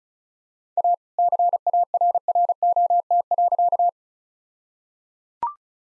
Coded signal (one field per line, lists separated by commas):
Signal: Morse code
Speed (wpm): 34 wpm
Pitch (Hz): 700 Hz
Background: none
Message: A CARROT.